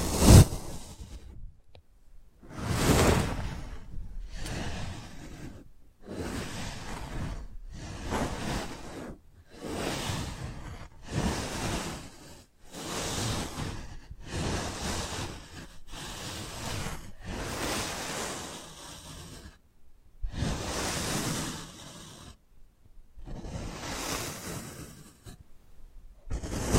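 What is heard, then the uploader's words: Ear picking sounds with various props, coming as a steady run of short scraping and rustling strokes about one every second or two. Each stroke is soft, whooshing and full, with brief silent gaps between, and a few louder swipes near the start and middle. 3D panoramic ear picking with various props.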